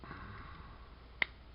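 A plastic robot toy's arms are pushed a little further up until the arm pegs meet the hip joints, against a faint low background hum. A single sharp plastic click sounds at 1.2 seconds as the arms snap into the hip sockets and seat in place.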